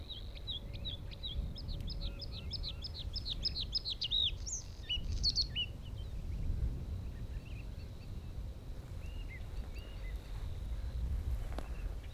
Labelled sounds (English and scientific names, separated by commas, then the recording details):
Bluethroat (Luscinia svecica) song
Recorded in the wild
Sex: male
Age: adult
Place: Gartz (Oder), Nationalpark Unteres Odertal, Brandenburg, DE
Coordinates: 53.1328, 14.3545
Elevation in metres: 1
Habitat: wetland
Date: 2016-04-19 20:48
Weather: clear, 8°C, changing wind
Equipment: Sound Devices 702, Sennheiser MKH 70, Rycote Windschutz
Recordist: Frommolt, Karl-Heinz